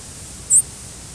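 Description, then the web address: Fox sparrow giving a single brief, very high, thin call note about a tenth of a second long over faint steady hiss. "sparrows fosp"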